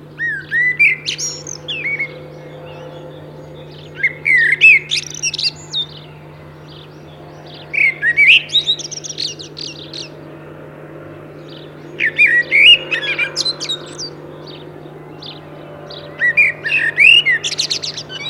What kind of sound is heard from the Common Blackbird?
song